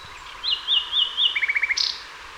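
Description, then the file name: Common nightingale song phrase: a few sliding whistled notes followed by a quick run of repeated chirps, ending in a brief buzzy note. "Luscinia megarhynchos"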